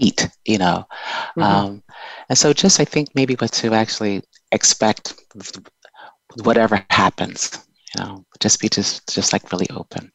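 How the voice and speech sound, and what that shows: Halting conversational speech from an adult woman who stutters, broken by long silent gaps, including one over a second, and repeated starts on "just" before the phrase moves on. Her stuttering shows mostly as silent pauses or blocks where no voice comes out, along with word repetitions.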